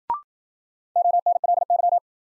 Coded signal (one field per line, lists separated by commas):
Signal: Morse code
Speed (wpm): 53 wpm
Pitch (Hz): 700 Hz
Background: none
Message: ONLY